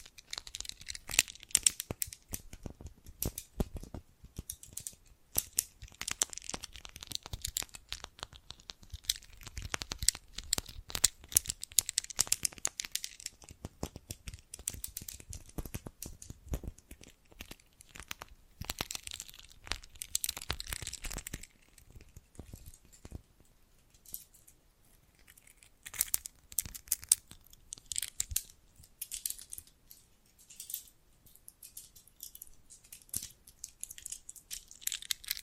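Bracelets and jewelry boxes clatter and rattle in a dense stream of sharp, bright clicks and crinkly handling noises. Activity is busiest in the first twenty seconds, then thins into sparser bursts with short quiet gaps, picking up again briefly near the end.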